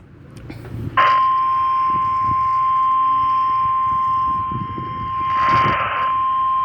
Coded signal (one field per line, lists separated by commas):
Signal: Emergency Alert System (SAME) tones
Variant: 1050 Hz attention tone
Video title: WXM62 Capitol Peak: Required Monthly Test (for the Shakout Earthquake Drill) (10/19/2023) (EAS #16)